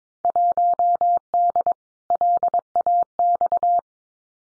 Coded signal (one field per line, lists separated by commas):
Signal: Morse code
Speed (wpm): 22 wpm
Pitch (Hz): 700 Hz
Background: none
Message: 1D LAX